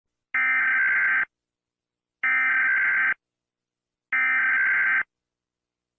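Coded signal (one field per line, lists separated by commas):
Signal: Emergency Alert System (SAME) tones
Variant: header bursts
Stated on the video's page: Fictional EAS scenario, not a real alert; made for entertainment.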